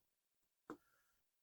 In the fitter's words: forth you hear it click into place